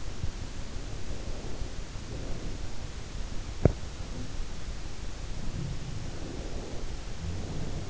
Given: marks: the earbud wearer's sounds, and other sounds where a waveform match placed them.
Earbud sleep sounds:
sounds in sleep by an in-ear microphone; breath
0.74-2.69 s: breath
5.30-7.89 s: sound from someone else or the room
6.04-7.89 s: breath

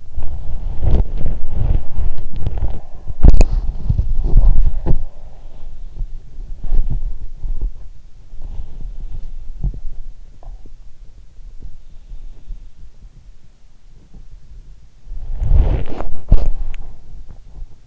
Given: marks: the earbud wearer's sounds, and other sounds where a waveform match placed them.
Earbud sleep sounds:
sounds in sleep by an in-ear microphone; body movement
0.00-17.87 s: body movement

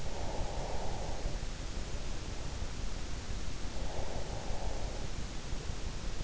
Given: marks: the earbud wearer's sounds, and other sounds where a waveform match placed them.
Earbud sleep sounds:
sounds in sleep by an in-ear microphone; breath
0.06-1.90 s: breath
3.55-4.94 s: breath

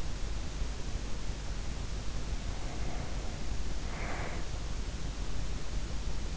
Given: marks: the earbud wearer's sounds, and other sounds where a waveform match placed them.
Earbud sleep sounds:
sounds in sleep by an in-ear microphone; breath
2.35-4.74 s: breath

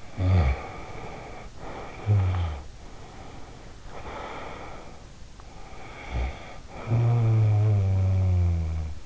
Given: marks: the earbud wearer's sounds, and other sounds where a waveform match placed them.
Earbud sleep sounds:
sounds in sleep by an in-ear microphone; snoring breath, breath
0.23-2.66 s: snoring breath
2.84-5.36 s: breath
5.46-9.05 s: snoring breath

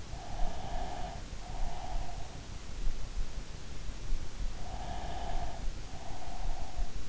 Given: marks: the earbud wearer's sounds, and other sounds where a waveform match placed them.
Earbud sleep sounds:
sounds in sleep by an in-ear microphone; breath
0.11-2.76 s: breath
4.64-7.09 s: breath

